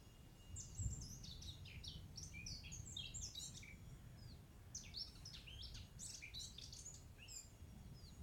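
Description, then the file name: Lark giving a stream of high, tumbling, warbled notes and chirps with a brief lull midway, over a steady low-pitched background noise. "Leeuwerik"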